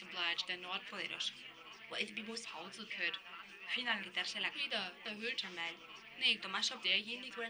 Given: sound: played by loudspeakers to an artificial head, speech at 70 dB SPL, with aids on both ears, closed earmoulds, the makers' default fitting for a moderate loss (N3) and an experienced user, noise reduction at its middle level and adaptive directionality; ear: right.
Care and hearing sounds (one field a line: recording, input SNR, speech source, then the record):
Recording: speech test signal (ISTS) in cocktail-party noise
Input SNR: +6 dB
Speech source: in front (0 degrees)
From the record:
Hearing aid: class 2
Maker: F